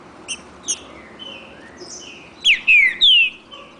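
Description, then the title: Green-winged saltator song: a phrase of three loud, clear whistled notes sliding downward near the end, after softer scattered chirps and thin whistles. Bird named Nicão singing in the woods, in a song dispute with a free-living bird. "Trinca Ferro NICÃ O No Mato Disputando Com Solto"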